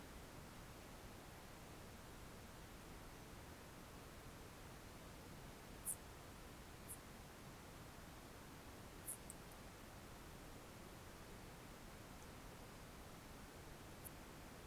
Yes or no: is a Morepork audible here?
no